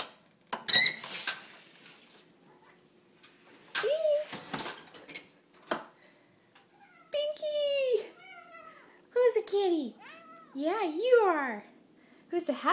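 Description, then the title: Cat giving a run of short rising-falling meows in bursts, with clicks and handling noises. Very talkative cat. "The most talkative kitty on the planet"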